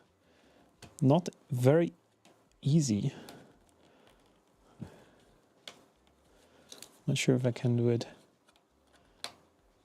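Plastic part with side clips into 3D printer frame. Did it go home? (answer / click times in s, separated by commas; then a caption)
yes / 9.2 s. Someone talks while pushing a plastic part with spring clips on both sides into its mount on a Prusa Mini+ 3D printer frame, with a few faint taps and clicks along the way. A sharp, loud click at 9.2 s marks the part snapping into place, seated.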